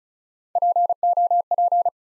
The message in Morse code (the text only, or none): POP